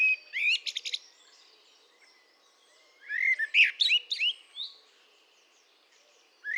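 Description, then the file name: Common blackbird singing two phrases of mellow whistled notes and higher, scratchier twitters, with a quiet pause between them and a new phrase starting at the close. "Turdus merula"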